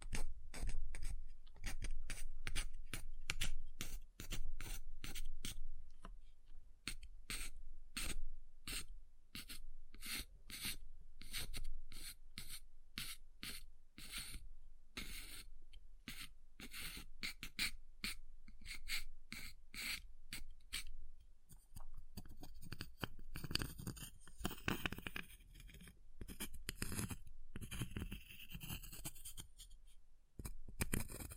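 Ice being tapped, scratched and carved: rapid irregular clicks and taps, dense at first, then sparser scraping with brighter scratchy bursts near the end.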